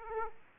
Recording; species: mosquito wingbeat signal from an infrared sensor; Aedes aegypti